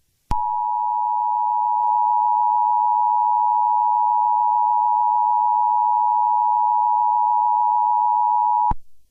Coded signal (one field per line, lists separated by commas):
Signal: Emergency Alert System (SAME) tones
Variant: 853 and 960 Hz attention tone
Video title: GOANIMATE EMERGENCY ALERT SYSTEM SEVERE THUNDERSTORM WARNING (ADRIANA)